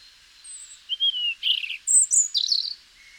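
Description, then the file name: European robin song of thin sliding whistles, a scratchy burst and high, fluid warbled notes, over a faint hiss. "Erithacus rubecula"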